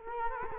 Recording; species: mosquito wingbeat signal from an infrared sensor; Culex quinquefasciatus